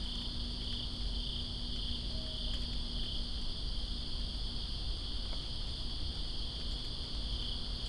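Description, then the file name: Crickets trilling in a steady, unbroken high drone, layered over a constant low wash of rain noise. Recorded in Greensboro on September 2, 2017, during rain. "Greensboro Crickets And Rain September 02 2017"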